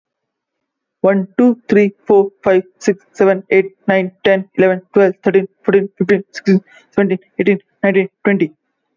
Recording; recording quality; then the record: counting at a fast pace; excellent, no background noise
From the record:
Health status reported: healthy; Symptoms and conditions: muscle pain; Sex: male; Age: 24 years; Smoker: not ticked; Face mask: worn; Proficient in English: yes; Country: India